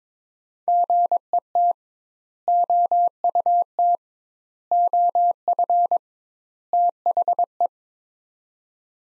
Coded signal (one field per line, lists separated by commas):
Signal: Morse code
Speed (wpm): 22 wpm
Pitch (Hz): 700 Hz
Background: none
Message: GET OUT OF THE